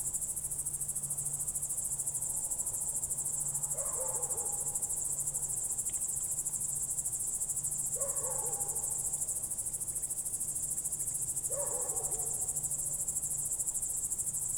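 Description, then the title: Crickets keep up an unbroken, high, rapidly pulsing trill, while a lower downslurred call repeats roughly every four seconds underneath. Night crickets outside the window, heard from bed late in the evening, Goworów, Poland, night of 18 July 2022, World Listening Day; recorded on Zoom F4 with AT BP4025. "Goworów 6, 57-515, Poland - World Listening Day/Night 18/07/2022-night crickets"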